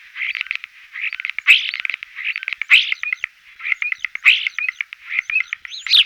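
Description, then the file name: Common starling song of grating rattles and metallic clicks mixed with rising and falling whistles, given in short bursts separated by brief gaps. Recorded in 2004. "roche 2004 star"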